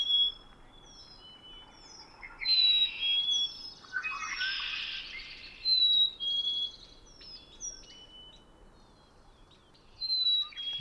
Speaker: a black-capped chickadee lands right in front of me and begins singing